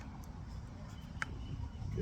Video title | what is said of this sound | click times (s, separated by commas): Walther PPQ M2 Blowback Pellet Pistol Table Top Review. Flying Can Ranch. | get lined up there and it clicks back in | 1.2 s